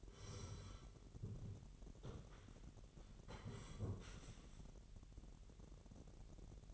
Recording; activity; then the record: daily activity, microphone in the room; sit down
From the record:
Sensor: 4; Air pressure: 999.3 hPa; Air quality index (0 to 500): 115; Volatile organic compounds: 2 ppm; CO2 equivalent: 1137 ppm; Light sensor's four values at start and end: 13/30/12/13 and 13/30/12/13